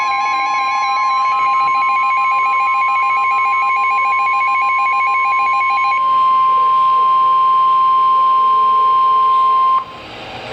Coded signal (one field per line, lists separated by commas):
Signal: Emergency Alert System (SAME) tones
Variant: 1050 Hz attention tone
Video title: Severe Thunderstorm Warning (EAS #726)